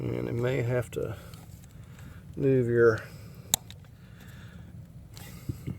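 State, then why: Seated. A wiring harness electrical connector is pushed back onto the ignition coil pack of a 2000–2010 Chrysler Town and Country / Dodge Caravan 3.3L or 3.8L V6 while someone talks. A sharp, very loud snap at 3.5 s marks the connector seating on the coil pack, followed by a few faint ticks.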